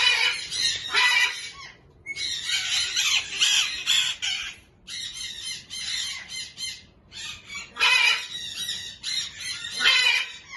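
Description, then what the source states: Major Mitchell's cockatoo producing long runs of harsh, noisy screeching in several drawn-out bursts, with short silences between them. A pair, offered for sale.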